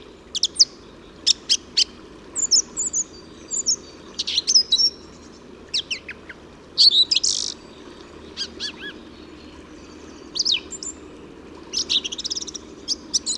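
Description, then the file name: Song thrush song: scattered sharp high notes and short whistled phrases separated by gaps, over a low steady hum. "Singdrossel Gesang"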